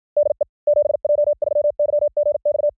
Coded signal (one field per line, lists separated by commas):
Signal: Morse code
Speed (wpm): 53 wpm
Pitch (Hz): 590 Hz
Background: none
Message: DE 7J3YGX